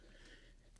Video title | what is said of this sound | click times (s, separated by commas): Marvel Legends Punisher Hulk Buster Armor is a one man war zone | And there we go. I didn't really feel or hear it pop in, but we're just going to call it good. | 0.8 s